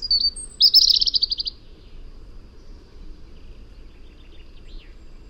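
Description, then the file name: European robin giving a high, thin whistle and then a quick trill of rapid pulses lasting about a second, followed by faint scattered high notes over low background hum. "Erithacus rubecula"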